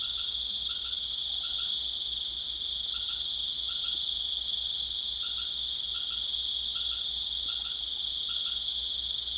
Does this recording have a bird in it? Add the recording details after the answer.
no. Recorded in pastures near Puerto Asís, Putumayo, Colombia, on 19 March 2025 at 18:30. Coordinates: 0.505, -76.324. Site GP08